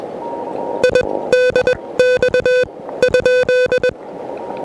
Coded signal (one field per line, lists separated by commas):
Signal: Morse code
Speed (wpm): 20 wpm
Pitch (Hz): 500 Hz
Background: music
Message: IDX?